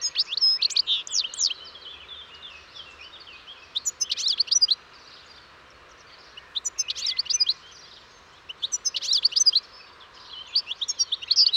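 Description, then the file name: European goldfinch song: repeated phrases of rapid, tinkling twitters and chirps, each lasting a second or two and separated by short pauses. "Carduelis carduelis"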